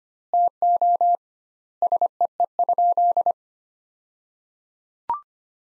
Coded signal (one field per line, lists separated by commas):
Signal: Morse code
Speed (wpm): 25 wpm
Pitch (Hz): 700 Hz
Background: none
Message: TO SEE?